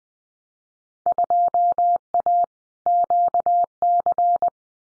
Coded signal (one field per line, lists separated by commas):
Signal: Morse code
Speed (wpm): 19 wpm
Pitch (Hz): 700 Hz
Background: none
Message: 2A QC